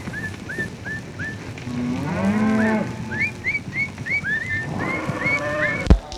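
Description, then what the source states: Cattle mooing, a low drawn-out moo in the middle, while a person whistles short rising notes again and again before and after it. Cattle recorded during a roundup.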